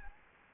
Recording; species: mosquito wingbeat signal from an infrared sensor; Anopheles gambiae